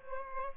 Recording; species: mosquito wingbeat signal from an infrared sensor; Aedes albopictus